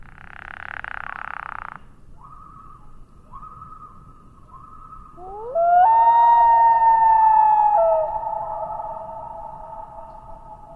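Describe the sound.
Common loon call: a burst of rushing noise, then short repeated hoot-like notes, followed by a loud sweeping, rising wail held for about two seconds.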